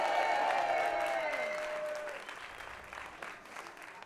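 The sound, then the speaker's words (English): An audience applauds the sound technician in a dense, steady wash of applause that slowly fades over a few seconds, with a faint whistled or tonal sweep early on. “A big applause for the sound technician!”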